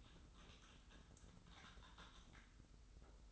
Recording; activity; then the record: daily activity, microphone in the room; typing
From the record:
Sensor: 3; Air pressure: 990.9 hPa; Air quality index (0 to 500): 139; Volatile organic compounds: 261 ppm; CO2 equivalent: 4388 ppm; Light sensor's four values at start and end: 36/87/35/34 and 36/87/35/34